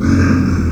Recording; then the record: squeal of a Yucatan mini pig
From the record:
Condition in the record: after surgery on the right vocal fold (resection and tissue-engineered implant); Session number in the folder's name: 11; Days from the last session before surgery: 98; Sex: female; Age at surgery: 19 weeks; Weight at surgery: 25 kg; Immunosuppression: prednisolone